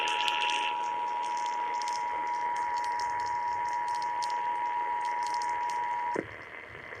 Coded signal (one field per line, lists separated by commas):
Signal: Emergency Alert System (SAME) tones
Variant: 853 and 960 Hz attention tone